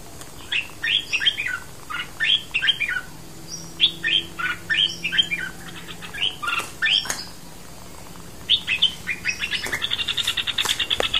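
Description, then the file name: Bulbul song, short bubbly chattering phrases of rich rising and falling notes, repeated in bursts, with a faster rattling series near the end. "merbah lekir. omkicau"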